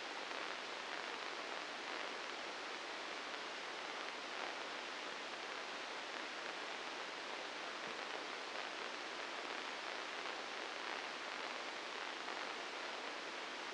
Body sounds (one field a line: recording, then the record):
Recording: brain microelectrode recording played as sound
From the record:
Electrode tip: inside the subthalamic nucleus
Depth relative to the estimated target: 0 mm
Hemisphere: right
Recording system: NeuroSet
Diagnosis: Parkinson's disease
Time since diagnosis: 9 years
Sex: female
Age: 51 years